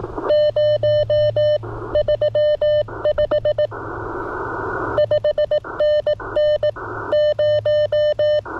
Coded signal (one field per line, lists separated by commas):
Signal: Morse code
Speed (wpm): 17 wpm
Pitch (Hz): 590 Hz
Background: none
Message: 035 5NN 0